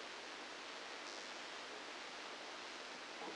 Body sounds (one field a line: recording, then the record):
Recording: brain microelectrode recording played as sound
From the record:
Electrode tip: outside the subthalamic nucleus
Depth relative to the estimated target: -6 mm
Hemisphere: left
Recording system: NeuroSet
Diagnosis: Parkinson's disease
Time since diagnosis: 9 years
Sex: female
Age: 51 years